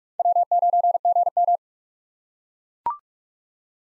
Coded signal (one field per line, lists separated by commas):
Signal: Morse code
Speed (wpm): 42 wpm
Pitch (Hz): 700 Hz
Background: none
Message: W9GM